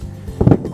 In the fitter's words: like so till you hear the 2 clicks,